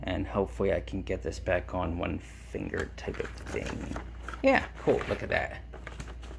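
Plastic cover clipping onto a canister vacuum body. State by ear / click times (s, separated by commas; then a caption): seated / 5.9 s. A clip-down plastic cover is pressed back onto the body of a Simplicity Synergy S40P canister vacuum cleaner with one finger while someone talks. It snaps into place with a nice, solid, quick click at 5.9 s.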